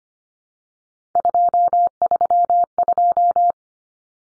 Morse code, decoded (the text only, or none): 232